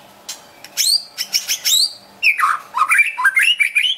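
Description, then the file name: White-rumped shama giving sharp high squeaky notes, then a tumbling sequence of rich warbled whistles dipping and rising. Wild bird from a forest in Medan, singing actively (gacor). "suara burung murai batu hutan medan gacor"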